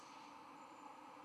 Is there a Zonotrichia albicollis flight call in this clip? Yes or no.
no